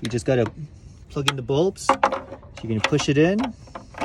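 Someone talks while a plastic bulb socket holding an original bulb is pushed into a new passenger-side tail light housing on a 2002 Toyota 4Runner, ready to be twisted to lock it. Brief faint handling noises sit under the talking. Nothing has seated or clicked yet.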